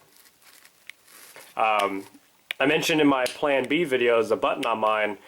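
A lock button on the strap's plastic side-release buckle of a Hazard 4 Switchback backpack is worked with soft fumbling and rustling, then snaps into its locked position with one sharp click at 0.9 s. The button gives firm, positive feedback rather than rattling loosely, and it locks so the buckle cannot be pushed in. Afterward someone talks.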